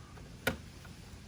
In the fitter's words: That just pops right in.